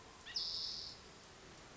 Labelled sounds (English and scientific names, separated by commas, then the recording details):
Spotted Towhee (Pipilo maculatus)
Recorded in Sonoma County, California